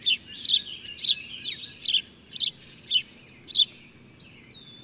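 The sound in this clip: Bird uttering short, slightly buzzy chirps about twice a second, ending with a smooth whistled swoop, over a steady high whine.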